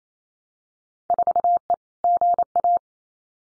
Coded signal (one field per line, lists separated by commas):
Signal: Morse code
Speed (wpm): 28 wpm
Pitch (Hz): 700 Hz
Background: none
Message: 4E GA